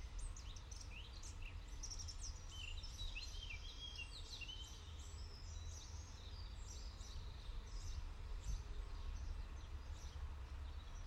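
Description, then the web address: Many birds sing together with thin high whistles, chips and rapid trills, over a continuous low rumble of traffic. Early morning in a city park in Paris, France, with distant traffic. "Tom Hutchings Europe France Paris City Park Early Morning Birds Distant Traffic"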